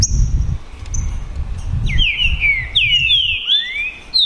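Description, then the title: Green-winged saltator singing loud slurred whistles that swoop down and up over a low rumble, with a thin high whistle early on. Song contest (disputa) between trinca-ferro birds Naval and Demolidor, 2022 season; birds calling, singing and 'macheando' in the contest. "TRINCA Piando, Cantando E Macheando Na DISPUTA. DISPUTA DE TRINCA FERRO NAVAL VS DEMOLIDOR 2022 TEMPORADA 2022"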